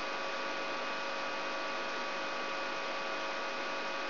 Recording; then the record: brain microelectrode recording played as sound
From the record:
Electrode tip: inside the subthalamic nucleus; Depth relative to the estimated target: 0 mm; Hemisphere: right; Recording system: AlphaMap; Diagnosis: Parkinson's disease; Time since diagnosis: 23 years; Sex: male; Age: 65 years